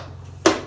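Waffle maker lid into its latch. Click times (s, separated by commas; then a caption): 0.5 s. The lid of a waffle bowl maker is closed and latches shut with a sharp click at 0.5 s. The click stands out over a quiet background hum and fades quickly, and the lid is confirmed seated.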